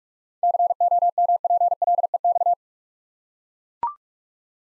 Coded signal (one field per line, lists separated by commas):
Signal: Morse code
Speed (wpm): 44 wpm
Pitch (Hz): 700 Hz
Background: none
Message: COMPLEX